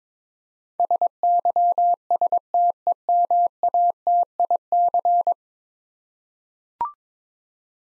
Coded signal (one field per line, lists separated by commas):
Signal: Morse code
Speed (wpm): 22 wpm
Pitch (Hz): 700 Hz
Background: none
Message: SYSTEMATIC